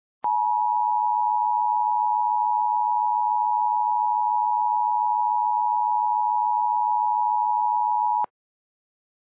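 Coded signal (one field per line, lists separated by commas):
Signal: Emergency Alert System (SAME) tones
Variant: 853 and 960 Hz attention tone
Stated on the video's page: Recreation of a tornado warning on a fictional cable network with a CEMS-1000 scroll; valid tones.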